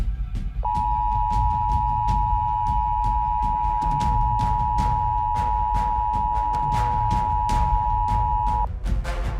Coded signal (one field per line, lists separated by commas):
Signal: Emergency Alert System (SAME) tones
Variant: 853 and 960 Hz attention tone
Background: music